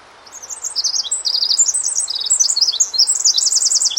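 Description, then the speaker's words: Pacific Wren song, a rushing series of extremely fast, high-pitched chips and trills that builds and carries on to the end. Local Sitka recording, played again; an immense number of very fast notes from a very small bird, usually perched atop a snag 10 to 15 feet up; a common local forest bird. "So I'll go ahead and play the Pacific Wren song once more."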